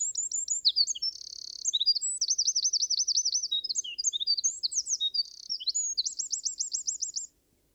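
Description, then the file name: Eurasian wren song, a long rapid outpouring of high, sharp notes broken by fast rattling trills, running without pause for about seven seconds. "Troglodytes troglodytes"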